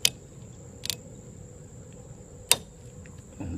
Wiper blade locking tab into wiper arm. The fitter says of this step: goes this lights back in that slot locks in place and that's it